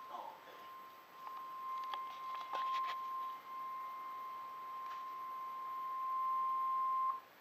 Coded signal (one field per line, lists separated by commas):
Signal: Emergency Alert System (SAME) tones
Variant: 1050 Hz attention tone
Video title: EAS Alert #59 - Tornado Warning 6/29/14